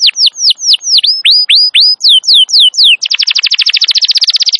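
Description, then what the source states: Atlantic canary song: a series of clear, downward-sweeping whistled notes about four per second, then a fast, buzzy rolling trill to the end. Wild canary singing long and energetically; recording used as a master to lure or train canaries.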